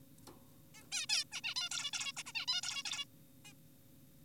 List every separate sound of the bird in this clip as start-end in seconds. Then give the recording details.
0.75-0.83, 0.92-1.06, 1.10-1.24, 1.32-1.41, 1.44-1.54, 1.56-1.69, 1.72-1.91, 1.93-2.12, 2.17-2.23, 2.26-2.32, 2.35-2.46, 2.48-2.61, 2.63-2.83, 2.85-3.05, 3.45-3.53. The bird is an adult. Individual g4p5U